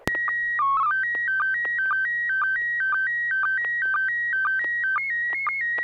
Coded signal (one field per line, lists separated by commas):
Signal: SSTV (slow-scan television)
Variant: PD 120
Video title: N6NA SSTV Net - 05/03/2023